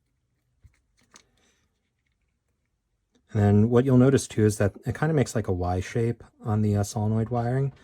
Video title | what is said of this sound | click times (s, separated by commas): Releasing my secrets: How to rebuild a generation 3 intimidator like me | so and everything just kind of clicks right in | 1.2 s